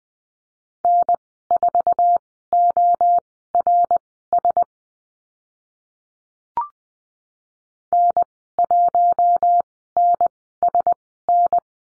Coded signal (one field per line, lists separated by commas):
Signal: Morse code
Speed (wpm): 20 wpm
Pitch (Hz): 700 Hz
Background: none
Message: N4ORS N1NSN